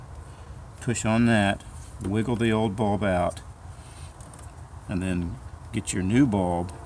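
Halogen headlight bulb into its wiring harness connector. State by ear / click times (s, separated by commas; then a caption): not seated / none. Someone talks while the old halogen headlight bulb is wiggled out of a 2011 Toyota Prius and the new bulb is picked up to go into its wiring harness connector. Two faint short ticks come at about 4.2 and 4.3 s between the stretches of talk. The clip ends before the bulb goes home; nothing has seated or clicked yet.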